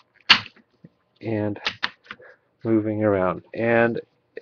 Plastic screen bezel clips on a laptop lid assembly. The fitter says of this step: on the screen side and gently lift up the plastic and listen for snapping sounds